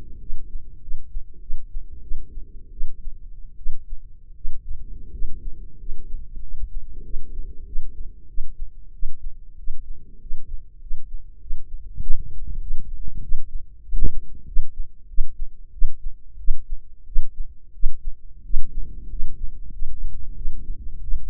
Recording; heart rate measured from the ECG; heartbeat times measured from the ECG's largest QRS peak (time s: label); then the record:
heart sounds by microphone in the left ear; 92 bpm
0.18 s: heartbeat
0.80 s: heartbeat
1.40 s: heartbeat
2.01 s: heartbeat
2.71 s: heartbeat
3.56 s: heartbeat
4.34 s: heartbeat
5.11 s: heartbeat
5.77 s: heartbeat
6.40 s: heartbeat
7.03 s: heartbeat
7.65 s: heartbeat
8.27 s: heartbeat
8.92 s: heartbeat
9.57 s: heartbeat
10.20 s: heartbeat
10.80 s: heartbeat
11.40 s: heartbeat
11.99 s: heartbeat
12.59 s: heartbeat
13.21 s: heartbeat
13.83 s: heartbeat
14.45 s: heartbeat
15.07 s: heartbeat
15.71 s: heartbeat
16.37 s: heartbeat
17.05 s: heartbeat
17.72 s: heartbeat
18.43 s: heartbeat
19.08 s: heartbeat
19.71 s: heartbeat
20.35 s: heartbeat
21.01 s: heartbeat
From the record:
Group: healthy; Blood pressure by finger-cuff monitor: 100/59 mmHg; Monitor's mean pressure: 72 mmHg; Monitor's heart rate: 95 bpm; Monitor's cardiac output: 8 L/min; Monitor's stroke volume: 85 mL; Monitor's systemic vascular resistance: 660 dyn s/cm5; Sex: female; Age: 22 years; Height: 157 cm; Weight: 47.6 kg